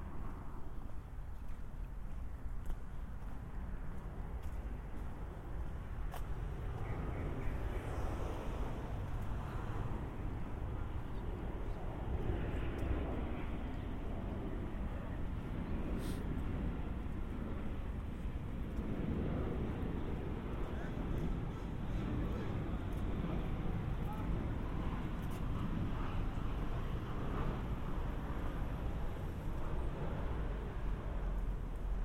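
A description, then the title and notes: A binaural walk through city streets, with a steady, dense rumble of traffic and engines filling the low end throughout. Passing vehicles swell and fade, an aircraft may drone overhead, and faint voices surface now and then, with occasional sharp clicks near 6 and 16 seconds. Harbor to Apartment. A binaural recording of a walk from the San Diego County Admin Building to my apartment in Golden Hill.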